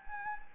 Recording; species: mosquito wingbeat signal from an infrared sensor; Anopheles arabiensis